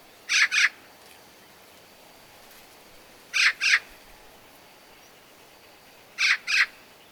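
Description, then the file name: Eurasian magpie repeating harsh paired chack calls, three doubled bursts roughly every three seconds, dry and rasping. "Pica pica"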